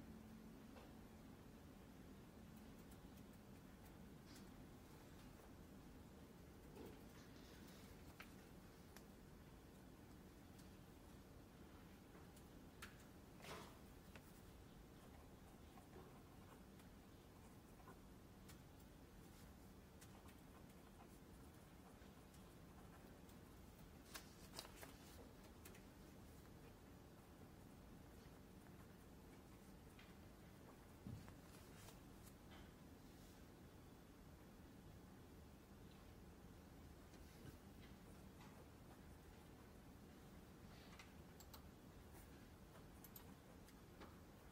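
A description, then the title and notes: Ambience in a Glasgow library: a steady, low rumbling hum runs unchanged for the whole 45 seconds. Scattered sharp clicks and taps break through every few seconds, with a small cluster around 24 seconds and another knock near 31 seconds. Glasgow library. (university of glasgow).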